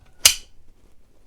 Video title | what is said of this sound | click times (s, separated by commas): BlackHawk Serpa CQC Holster - Retention and Good Habits (HD) | you put your firearm into the holster this gives you a nice affirmative audible click BAM | 0.3 s